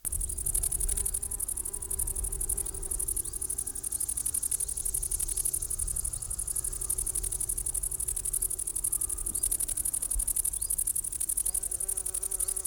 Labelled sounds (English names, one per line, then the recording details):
Great Green Bush-cricket stridulation
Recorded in the wild
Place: Gößweinstein, Fränkische Schweiz, Bayern, DE
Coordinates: 49.72, 11.07
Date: 1995-09-05 15:15
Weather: wechselnd, sonnig, 18°C
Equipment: Nagra SN, Sennheiser ME 80, Kopie Uher 4000 Report Monitor
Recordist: Tembrock, Günter